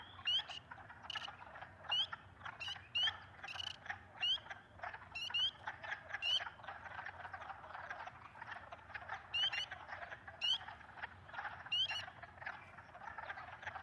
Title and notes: Friday Night, Peepers, Woodcocks & Trains March 18th 2022. Recorded in West Kingstown, Rhode Island on Liberty Road near the Great Swamp. Peepers and all the other critters came out. It got pretty loud after a while